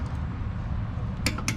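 A torque wrench set to 120 ft-lb is fitted onto another bolt on an Audi A5 and clicks right away at 1.3 s, showing the bolt is way over-torqued. The sharp click is followed by a fainter tick near 1.4 s and another sharp tick at 1.5 s, all over a steady low rumble.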